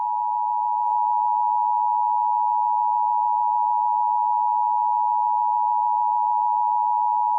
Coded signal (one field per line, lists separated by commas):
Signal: Emergency Alert System (SAME) tones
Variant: 853 and 960 Hz attention tone